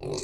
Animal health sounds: pig call; weaner (32 to 43 days)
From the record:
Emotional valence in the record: negative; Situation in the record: novel object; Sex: female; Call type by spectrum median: low-frequency call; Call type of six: mixed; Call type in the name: high-frequency modulated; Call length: 0.24 s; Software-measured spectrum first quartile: 357 Hz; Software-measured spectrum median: 979 Hz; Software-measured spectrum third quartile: 5412 Hz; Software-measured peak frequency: 390 Hz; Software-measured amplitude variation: 113 dB a second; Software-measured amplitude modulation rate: 33.5 a second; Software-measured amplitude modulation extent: 3.4 dB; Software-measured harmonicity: 2.5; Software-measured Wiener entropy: -4.14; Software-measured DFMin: 1341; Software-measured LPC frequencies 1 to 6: 412, 872, 2546, 3924, 4421, 6065 Hz

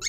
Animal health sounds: pig call; weaner (32 to 43 days)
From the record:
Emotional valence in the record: negative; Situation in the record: short isolation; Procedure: open field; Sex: female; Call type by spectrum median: high-frequency call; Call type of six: high-frequency stable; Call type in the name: high-frequency stable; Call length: 0.08 s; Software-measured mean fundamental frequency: 252 Hz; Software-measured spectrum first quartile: 3117 Hz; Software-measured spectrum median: 4892 Hz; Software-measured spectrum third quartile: 6430 Hz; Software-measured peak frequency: 6554 Hz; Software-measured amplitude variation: 94 dB a second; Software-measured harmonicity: 6.0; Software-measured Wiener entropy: -3.02

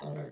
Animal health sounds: pig call; piglet (1 to 25 days)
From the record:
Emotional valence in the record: negative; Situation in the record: short isolation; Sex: male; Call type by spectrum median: low-frequency call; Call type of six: low-frequency tonal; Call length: 0.32 s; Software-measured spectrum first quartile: 159 Hz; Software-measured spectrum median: 342 Hz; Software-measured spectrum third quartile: 668 Hz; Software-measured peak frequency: 441 Hz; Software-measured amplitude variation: 76 dB a second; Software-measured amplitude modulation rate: 20.3 a second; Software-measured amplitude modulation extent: 3.8 dB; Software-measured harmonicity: -0.1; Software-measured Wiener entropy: -0.19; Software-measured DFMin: 1070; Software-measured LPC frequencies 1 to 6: 530, 1928, 3712, 4744, 5633, 8929 Hz

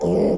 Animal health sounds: pig call; piglet (1 to 25 days)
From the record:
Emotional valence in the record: negative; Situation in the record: crushing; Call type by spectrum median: low-frequency call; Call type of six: low-frequency stable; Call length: 0.38 s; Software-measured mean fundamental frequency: 67 Hz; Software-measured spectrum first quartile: 233 Hz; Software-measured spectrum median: 389 Hz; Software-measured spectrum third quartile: 511 Hz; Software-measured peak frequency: 449 Hz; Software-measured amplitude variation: 76 dB a second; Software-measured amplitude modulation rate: 25.2 a second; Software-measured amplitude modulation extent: 3.0 dB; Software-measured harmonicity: 1.6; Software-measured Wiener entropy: -0.92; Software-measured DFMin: 1494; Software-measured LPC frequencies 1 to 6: 439, 2135, 2979, 4765, 5281, 7102 Hz

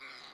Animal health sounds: pig call; piglet (1 to 25 days)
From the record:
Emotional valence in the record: positive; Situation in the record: reunion after long isolation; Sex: male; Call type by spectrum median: high-frequency call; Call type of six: low-frequency tonal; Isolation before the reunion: 8 minutes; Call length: 0.33 s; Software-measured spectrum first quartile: 1734 Hz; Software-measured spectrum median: 2513 Hz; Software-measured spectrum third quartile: 4277 Hz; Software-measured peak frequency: 2050 Hz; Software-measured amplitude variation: 77 dB a second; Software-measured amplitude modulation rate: 16.5 a second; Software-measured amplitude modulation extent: 4.7 dB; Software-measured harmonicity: -0.6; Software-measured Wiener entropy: -1.05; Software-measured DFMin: 592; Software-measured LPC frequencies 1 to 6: 1293, 2186, 3994, 4952, 7059, 8233 Hz

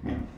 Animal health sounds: pig call; growing-finishing pig (85 days or more)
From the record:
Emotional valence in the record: negative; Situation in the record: barren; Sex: female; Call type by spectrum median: low-frequency call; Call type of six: low-frequency stable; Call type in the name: low-frequency stable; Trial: 1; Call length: 0.38 s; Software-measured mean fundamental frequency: 54 Hz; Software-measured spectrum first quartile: 124 Hz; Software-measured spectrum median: 242 Hz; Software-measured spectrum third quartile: 408 Hz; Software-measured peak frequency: 260 Hz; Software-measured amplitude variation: 199 dB a second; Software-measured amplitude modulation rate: 29.0 a second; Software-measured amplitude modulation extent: 6.9 dB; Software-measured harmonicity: -0.4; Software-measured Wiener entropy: -0.06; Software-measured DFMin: 836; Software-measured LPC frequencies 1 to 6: 262, 1905, 3274, 5171, 6241, 7598 Hz

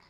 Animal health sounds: pig call; piglet (1 to 25 days)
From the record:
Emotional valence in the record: positive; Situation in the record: short reunion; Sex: female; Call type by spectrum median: low-frequency call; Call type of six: low-frequency tonal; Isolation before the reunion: 3 minutes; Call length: 0.09 s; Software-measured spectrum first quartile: 745 Hz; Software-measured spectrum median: 1868 Hz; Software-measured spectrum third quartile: 3658 Hz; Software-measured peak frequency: 989 Hz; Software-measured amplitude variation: 23 dB a second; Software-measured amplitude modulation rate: 11.0 a second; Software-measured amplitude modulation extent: 2.1 dB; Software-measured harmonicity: -1.1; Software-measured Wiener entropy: -1.07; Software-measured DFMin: 1182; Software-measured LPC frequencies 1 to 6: 1013, 2080, 4988, 6912, 7983, 9021 Hz

